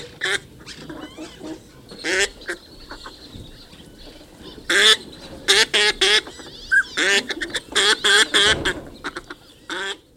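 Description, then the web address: Northern pintail calls, many short whistled and nasal notes in dense irregular bursts. Recorded at Emiquon, Illinois. "emiquon virtual tour. northern pintail"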